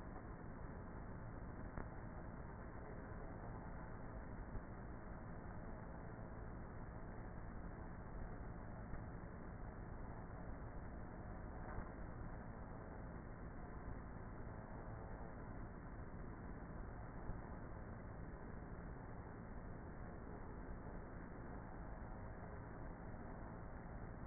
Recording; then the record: honeybee colony, microphone inside the hive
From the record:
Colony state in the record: queenless with a low population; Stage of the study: before two queens were removed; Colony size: about 30,000 bees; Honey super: no